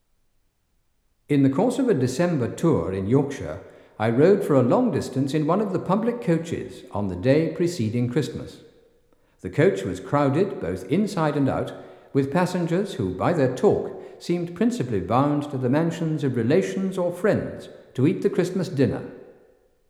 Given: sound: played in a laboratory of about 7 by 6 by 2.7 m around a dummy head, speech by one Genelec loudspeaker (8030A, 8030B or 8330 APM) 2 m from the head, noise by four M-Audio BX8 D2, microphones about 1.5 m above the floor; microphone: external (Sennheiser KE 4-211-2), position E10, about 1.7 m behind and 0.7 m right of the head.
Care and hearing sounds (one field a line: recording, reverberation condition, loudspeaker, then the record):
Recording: male speech in English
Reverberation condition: high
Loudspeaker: 150 degrees to the right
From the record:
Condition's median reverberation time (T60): about 1300 ms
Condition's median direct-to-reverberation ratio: about -4.0 dB